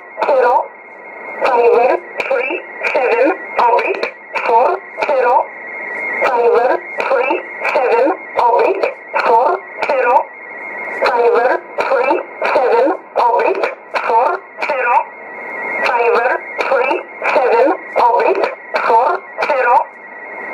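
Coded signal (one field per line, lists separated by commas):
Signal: numbers station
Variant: E11 Oblique, English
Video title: 28 02 2018 E11 Oblique Numbers station in English to Eu 0900 on 9446 unknown tx site in USB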